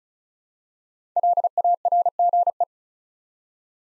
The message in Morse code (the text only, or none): LARGE